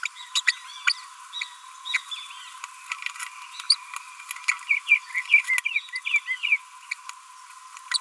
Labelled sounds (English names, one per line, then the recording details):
Green-rumped Parrotlet babbling
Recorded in a nest box in Venezuela
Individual 18B25A4